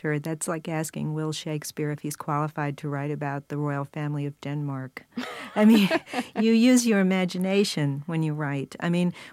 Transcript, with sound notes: That's like asking Will Shakespeare if he's qualified to write about the royal family of Denmark.
(Laughter).
I mean, you use your imagination when you write.